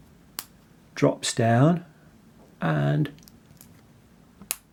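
A section of the metal folding clasp on a watch strap is flipped over to open the clasp further, giving a sharp click at 0.4 s as it clicks open and drops down. Someone talks, and fainter ticks follow near 3.6 s and a sharp one at 4.5 s. The clasp section is released open.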